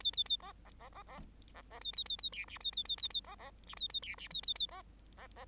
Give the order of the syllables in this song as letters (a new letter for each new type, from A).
A A A B B B B B B B A A A A C D A A A A A B B D A A C D A A A B